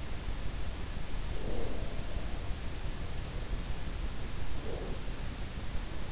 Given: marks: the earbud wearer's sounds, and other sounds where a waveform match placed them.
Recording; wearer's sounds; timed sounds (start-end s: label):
sounds in sleep by an in-ear microphone; breath
1.07-2.26 s: breath
4.56-5.30 s: breath